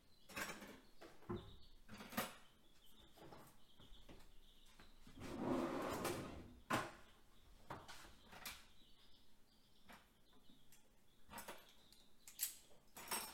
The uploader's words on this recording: Evening Dishes and Kitchen Redding. Washing dishes, running water, cupboards and drawers opening and closing in a quiet house.